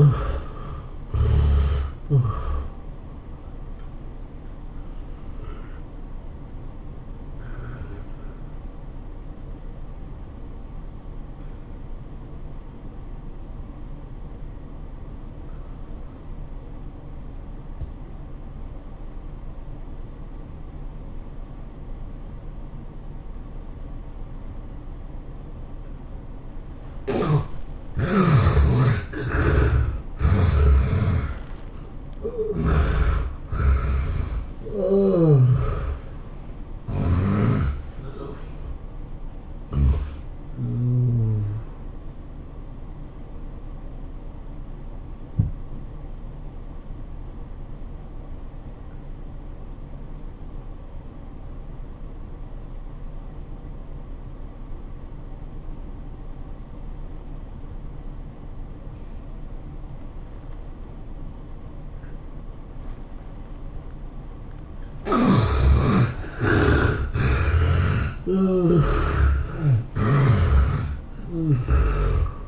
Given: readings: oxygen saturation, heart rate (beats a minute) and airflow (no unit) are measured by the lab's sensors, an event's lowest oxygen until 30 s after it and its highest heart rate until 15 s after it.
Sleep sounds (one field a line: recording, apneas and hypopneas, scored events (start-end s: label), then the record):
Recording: breathing in sleep by a smartphone at the bedside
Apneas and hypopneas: 2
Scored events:
4.00-27.60 s: hypopnea (N1, oxygen 94% highest, then 72% lowest, heart rate 108 at the start, 108 highest)
44.00-64.00 s: obstructive apnea (N1, oxygen 97% highest, then 73% lowest, heart rate 102 at the start, 107 highest)
From the record:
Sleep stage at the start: N1 (lightest sleep)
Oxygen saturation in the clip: 70 to 97%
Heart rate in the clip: 83 to 108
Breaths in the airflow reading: 11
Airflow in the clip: -18.1 to 13.8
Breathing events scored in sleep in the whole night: 403 in 5.5 hours asleep